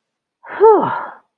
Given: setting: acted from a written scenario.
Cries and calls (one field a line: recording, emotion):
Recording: vocal sound without words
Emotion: relief